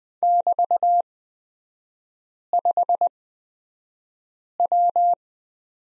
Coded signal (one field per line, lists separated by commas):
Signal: Morse code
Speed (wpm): 20 wpm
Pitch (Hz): 700 Hz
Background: none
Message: <BT>5W